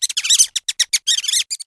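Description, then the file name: Mouse giving a rapid burst of shrill, high squeaks and chittering, some clustered together and others as separate short chirps. "Mouse Chichi"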